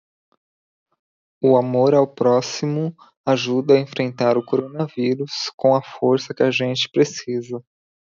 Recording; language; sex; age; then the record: spoken sentence; Brazilian Portuguese; male; 30 to 39 years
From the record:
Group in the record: control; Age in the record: 36 years